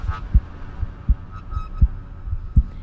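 Steady, regular heartbeat at about 80 a minute, with strong thudding first sounds and softer second sounds: a constant pounding heartbeat in an adult that has become unbearable.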